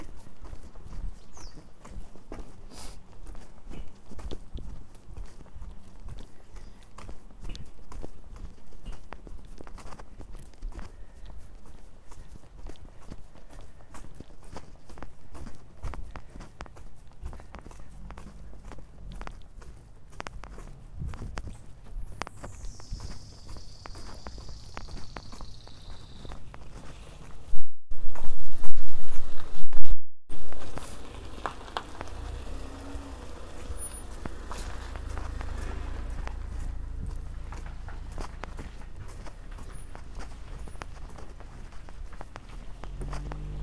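Someone walks outdoors in the morning toward a seedling greenhouse, their footsteps crunching steadily. Around 22 seconds a high sliding whistle falls in pitch, then a loud knocking, handling burst near 28–31 seconds gives way to a low rumbling background.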